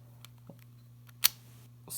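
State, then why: Seated. Plastic wireless earbuds are dropped into their charging case, where built-in magnets pull them into place. A small click at 0.2 seconds is followed by a much louder, sharp snap at 1.2 seconds, with faint ticks in between, against a steady low hum. The earbuds are seated snugly with nothing loose.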